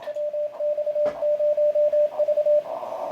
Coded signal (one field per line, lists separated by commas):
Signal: Morse code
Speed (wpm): 28 wpm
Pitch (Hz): 600 Hz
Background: radio noise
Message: WX0V